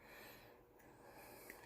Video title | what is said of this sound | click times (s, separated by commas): Portable sweet donut humidifier review and unboxing | when you click it you'll hear it click now | 1.5 s